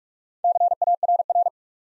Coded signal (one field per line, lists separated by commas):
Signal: Morse code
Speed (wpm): 44 wpm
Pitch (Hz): 700 Hz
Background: none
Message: CARR